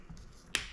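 A plastic wedge lock (secondary lock) is pushed into an assembled wiring connector on a John Deere machine harness. It snaps home with one sharp, bright click at 0.6 s over a quiet background. The wedge lock is seated.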